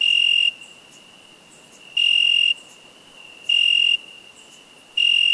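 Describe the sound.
Cricket producing four loud, high chirps about one and a half seconds apart, the last cut off at the end, with a thin ringing tone between.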